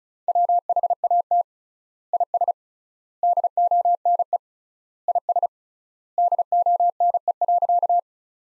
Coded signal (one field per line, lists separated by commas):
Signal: Morse code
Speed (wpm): 36 wpm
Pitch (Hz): 700 Hz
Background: none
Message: WHAT IS DONE IS DONE.